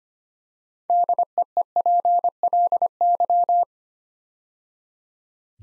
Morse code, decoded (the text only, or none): DEEPLY